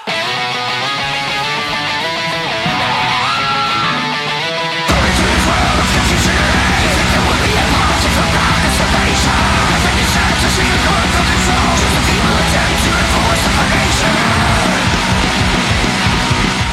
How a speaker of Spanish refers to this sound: …, que es el single debut para una banda danesa que dicen hacer black metal llamados …